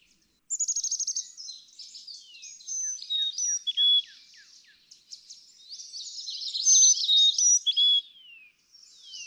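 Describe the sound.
Carolina chickadee song with clean falling whistles in two phrases, joined by rapid ticking notes and dense high chatter.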